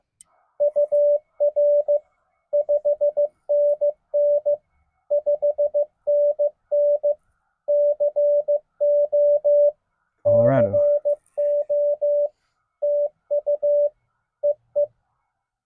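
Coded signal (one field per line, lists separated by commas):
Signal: Morse code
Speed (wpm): 15 wpm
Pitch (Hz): 580 Hz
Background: none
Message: UR 5NN 5NN CO CO TU EE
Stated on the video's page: CW Parks on the Air activation by a newbie, Yaesu FT-891 with a 17-foot telescoping whip.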